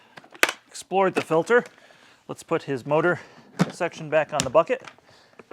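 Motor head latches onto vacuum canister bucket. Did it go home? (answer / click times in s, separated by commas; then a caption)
no / none. Someone talks while handling the plastic motor section of a Henry Allergy HVA160 canister vacuum, about to put it back on the bucket. A sharp handling knock is heard at 0.4 s, and faint taps come near the end. Nothing has seated or clicked yet; the side latches have not been snapped shut.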